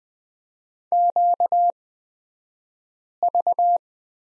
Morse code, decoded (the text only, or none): QV